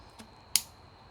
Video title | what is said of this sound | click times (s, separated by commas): How To Disconnect Heater Hose On Ford 2.0L | like that once it snaps you know it's locked in | 0.6 s